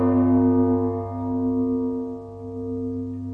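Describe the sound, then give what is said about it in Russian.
A bell in a cave, knocked by someone's shoulder as they bend to pick up a dropped gold coin, rings out with a deep, clear, steady tone, its rich low hum sustaining and slowly fading over a few seconds, with no voices. “Эван нагнулся за ней и задел плечом колокол.”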